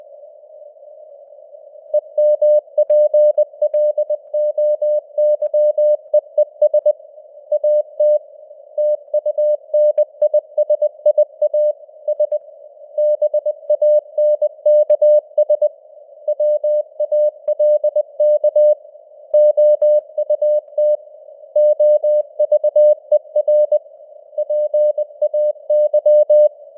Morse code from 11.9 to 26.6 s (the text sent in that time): S BANKS WALK OUT OVER PAY